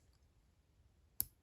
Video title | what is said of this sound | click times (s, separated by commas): Is the Lamy 2000 worth the money? A re-review of a favourite fountain pen | you can hear that little click that's what that is | 1.2 s